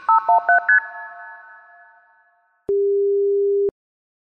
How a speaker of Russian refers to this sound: Обрыв связи.